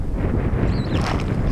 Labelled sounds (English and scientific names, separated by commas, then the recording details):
Superb Starling (Lamprotornis superbus) flight call
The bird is a male
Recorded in Kenya on 18 July 2010
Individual 32, of group DRT2